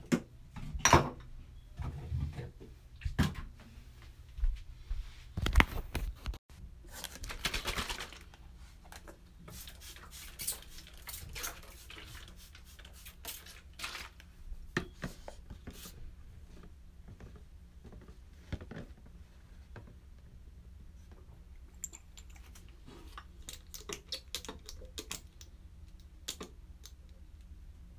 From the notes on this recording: taking a shower